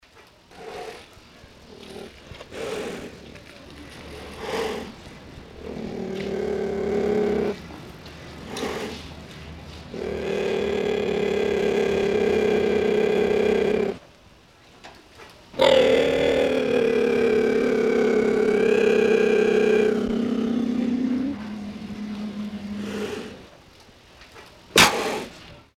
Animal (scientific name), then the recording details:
Acinonyx jubatus. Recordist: Tembrock, Günter. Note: Fauchen und Knurren